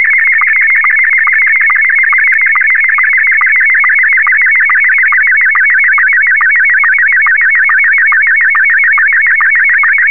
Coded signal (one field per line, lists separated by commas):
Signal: SSTV (slow-scan television)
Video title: SSTV decoding using mmsstv and wavecom